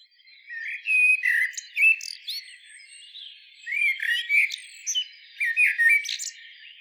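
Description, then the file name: Eurasian blackbird warbling two lively phrases of clear whistled notes with high thin flourishes, separated by a short lull around three seconds. "Turdus merula"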